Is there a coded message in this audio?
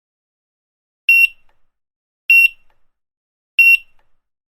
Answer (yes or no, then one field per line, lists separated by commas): no